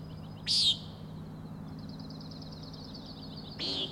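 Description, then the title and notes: Common nighthawk with two buzzy, nasal peents about three seconds apart, a continuous high pulsed trilling running between them. Three birds giving peenting calls, flying in close follow-the-leader formation, remarkably close to the recordist; Overlook, Schoodic Head, Acadia National Park, Winter Harbor, Maine; 16 June 2017, 4am. "Common Nighthawks, Schoodic Head 061617 4am. 3 common nighthawks making peenting calls and wings booms but also a rattling noise at the Overlook (410 ft) on Schoodic Head (435 feet) Schoodic division Acadia National Park Winter Harbor, ME"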